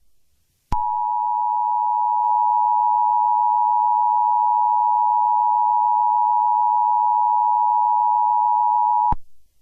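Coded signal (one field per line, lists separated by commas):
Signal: Emergency Alert System (SAME) tones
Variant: 853 and 960 Hz attention tone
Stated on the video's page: Joke EAS made from others' audio.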